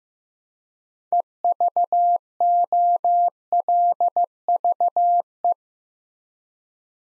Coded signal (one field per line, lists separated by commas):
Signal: Morse code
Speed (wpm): 15 wpm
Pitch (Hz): 700 Hz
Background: none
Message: EVOLVE